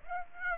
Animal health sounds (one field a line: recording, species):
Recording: mosquito wingbeat signal from an infrared sensor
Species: Aedes aegypti